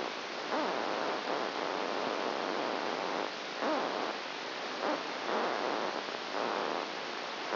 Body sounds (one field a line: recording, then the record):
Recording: brain microelectrode recording played as sound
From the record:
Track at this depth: outside the subthalamic nucleus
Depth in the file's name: 5.002 mm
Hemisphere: left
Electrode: 1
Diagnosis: Parkinson's disease